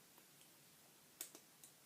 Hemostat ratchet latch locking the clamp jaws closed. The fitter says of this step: all this is is a click and basically what it does is that every time that I push it in